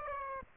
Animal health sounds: mosquito wingbeat signal from an infrared sensor; Aedes aegypti

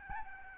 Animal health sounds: mosquito wingbeat signal from an infrared sensor; Aedes albopictus

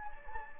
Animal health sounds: mosquito wingbeat signal from an infrared sensor; Anopheles gambiae

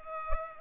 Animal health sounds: mosquito wingbeat signal from an infrared sensor; Culex pipiens

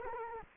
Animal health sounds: mosquito wingbeat signal from an infrared sensor; Culex quinquefasciatus

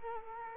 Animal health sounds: mosquito wingbeat signal from an infrared sensor; Culex quinquefasciatus

